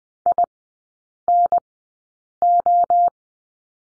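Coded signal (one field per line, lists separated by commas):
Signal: Morse code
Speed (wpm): 20 wpm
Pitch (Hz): 700 Hz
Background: none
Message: INO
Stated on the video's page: Morse course lesson on the letter D, three-character groups at Farnsworth 20/10 wpm.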